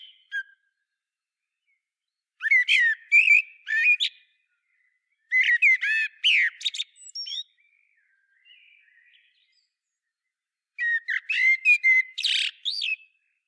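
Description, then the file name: Common blackbird singing: warbling whistled phrases tipping into high twittery squeals, three bursts with long quiet spells between them. "Turdus merula"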